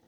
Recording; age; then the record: pig call; piglet (1 to 25 days)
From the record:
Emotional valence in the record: positive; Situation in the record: reunion after long isolation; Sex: female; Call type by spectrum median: low-frequency call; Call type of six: low-frequency tonal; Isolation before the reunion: 8 minutes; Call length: 0.08 s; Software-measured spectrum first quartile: 315 Hz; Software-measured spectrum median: 760 Hz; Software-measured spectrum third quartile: 3344 Hz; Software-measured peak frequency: 332 Hz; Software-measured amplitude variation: 12 dB a second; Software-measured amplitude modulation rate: 18.1 a second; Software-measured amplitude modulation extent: 0.7 dB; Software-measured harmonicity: 0.6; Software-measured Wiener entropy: -2.15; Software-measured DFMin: 910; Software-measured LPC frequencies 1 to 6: 606, 1873, 3166, 3875, 4861, 6098 Hz